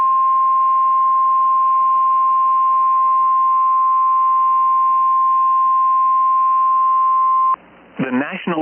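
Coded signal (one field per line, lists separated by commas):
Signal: Emergency Alert System (SAME) tones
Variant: 1050 Hz attention tone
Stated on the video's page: EAS tones on NOAA Weather Radio for a PDS Severe Thunderstorm Watch covering nearly all of Wisconsin, shown with WeatherSTAR 4000.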